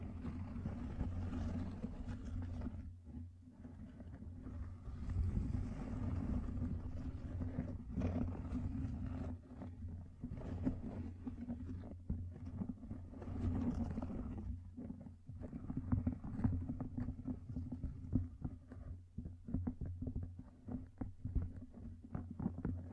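Gem-covered fingertips tap and scratch in a dense, restless stream of short clicks and rasps that barely pause, thinning briefly around 4, 10 and 15 seconds. A steady low hum runs underneath the whole time.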